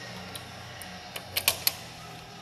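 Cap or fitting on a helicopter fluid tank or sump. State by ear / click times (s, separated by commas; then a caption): not seated / none. During a pre-flight walkaround of a Bell 47 helicopter, the outer ring of a cap or fitting on a fluid tank or sump is turned by hand, because its inner part just spins and never tightens. Faint ticks around 0.4 s and 1.2 s build into sharper ticks at about 1.4, 1.5 and 1.7 s over a quiet background hum. Nothing has seated or clicked yet when the clip ends.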